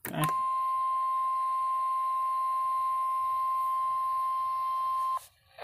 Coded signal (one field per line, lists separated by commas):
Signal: Emergency Alert System (SAME) tones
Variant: 1050 Hz attention tone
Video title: EAS Alert #054. Severe Thunderstorm Warning.